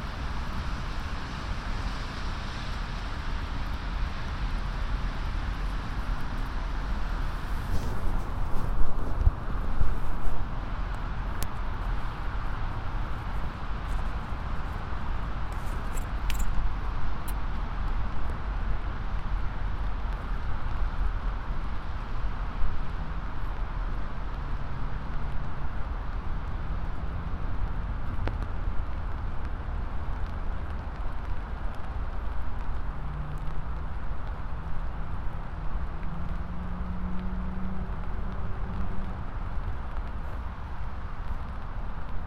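A binaural recording of a trip across New York on the MTA, dominated by a steady, dense rumble and roar of a moving train. Short low tones rise and fall in the second half, and a few sharp clicks and rattles break through around 9, 16 and 28 seconds.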